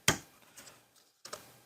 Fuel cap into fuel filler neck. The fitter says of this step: Did you see how it clicked?